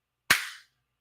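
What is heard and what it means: The hinged side compartment lid of a plastic storage box is pushed closed. It gives one sharp click at 0.3 s, and the sound fades out by about 0.65 s. This first click is only a partial latch, so the lid is not yet fully locked.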